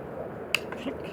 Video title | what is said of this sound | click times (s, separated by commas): Quantum 5 versus Exel curves video 2 | and here we go. When you hear the click, that means that the strap is really at the right place. | 0.5 s